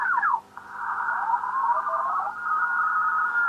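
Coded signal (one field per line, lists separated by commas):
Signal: RTTY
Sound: warbling two-tone teletype chatter, several overlapping signals, brief tuning swoop at start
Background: radio static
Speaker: these are all rtty signals if you ever listening to this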